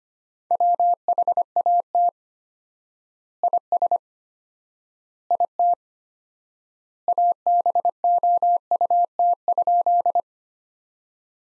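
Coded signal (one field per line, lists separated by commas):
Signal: Morse code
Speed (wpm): 25 wpm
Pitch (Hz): 700 Hz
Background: none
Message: WHAT IS IT ABOUT?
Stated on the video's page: Morse practice sentences from the top 100 words at 25 wpm, sent with 4x standard word spacing, a Farnsworth-like method.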